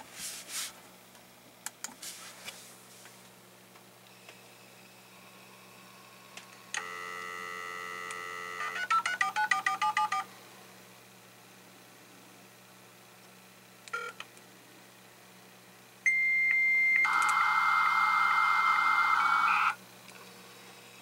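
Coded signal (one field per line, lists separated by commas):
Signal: dial-up modem handshake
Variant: 1200 bps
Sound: dial tone, a quick run of dialed digit tones, then a steady answer tone over rushing data hiss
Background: room noise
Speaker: now hopefully you'll be able to hear this modem dial out a lot more clearly than you could have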